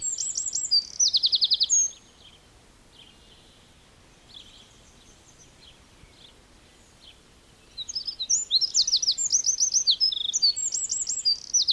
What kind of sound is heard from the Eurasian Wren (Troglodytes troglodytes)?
song